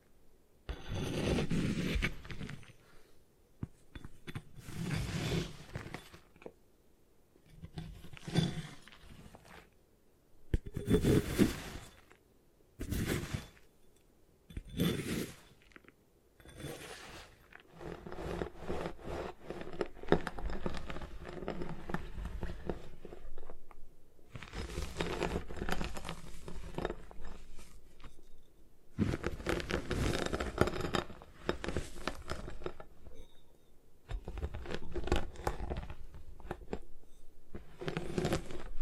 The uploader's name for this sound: Destroy Gym Chalk